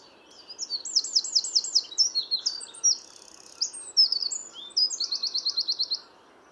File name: Troglodytes troglodytes